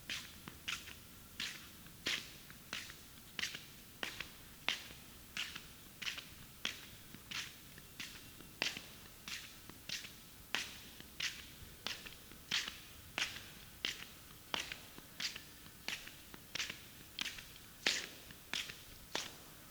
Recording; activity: daily activity, guitar pickup as the sensor; walk